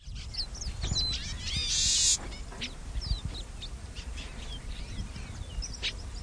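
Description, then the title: Bird calls: rapid high twittering and sweeping whistled notes, several overlapping, with a short bright burst of noise and a constant low background hum. "LuckyPassaro Completos2Sama"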